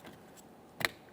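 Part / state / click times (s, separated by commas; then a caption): window switch electrical connector into switch / seated / 0.9 s. On a 2014-2019 Toyota Corolla rear door, the window switch's electrical connector is lined up by its locking tab and pressed into the switch, with a sharp click at 0.9 s and a fainter tick at about 1.1 s. The connector is seated and clicked in, confirmed with a light tug.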